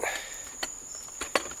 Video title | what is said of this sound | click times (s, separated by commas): Nashbar, Bikehand, Spin Doctor bicycle tool kits, best inexpensive kit? | one won't snap in there we go alright | 1.4 s